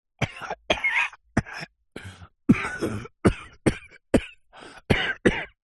Human male man cough.